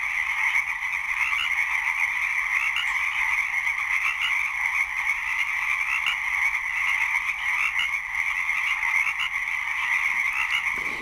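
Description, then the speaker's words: Pacific chorus frogs in a dense, continuous chorus of overlapping croaks that forms a steady raucous wall of sound. Night chorus at 10:30 pm in a marsh in British Columbia, Canada, on Earth Day, April 22, 2025. "raucous sound is the revelry of the Pacific chorus frogs as they dominate the night."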